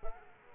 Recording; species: mosquito wingbeat signal from an infrared sensor; Culex quinquefasciatus